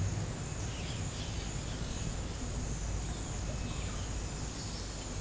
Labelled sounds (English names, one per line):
none